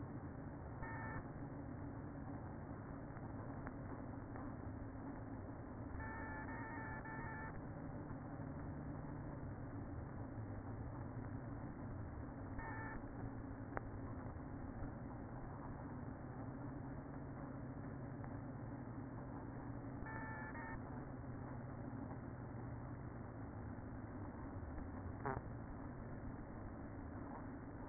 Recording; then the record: honeybee colony, microphone inside the hive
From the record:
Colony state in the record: queen present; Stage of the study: after two queens were removed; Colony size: about 60,000 bees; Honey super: yes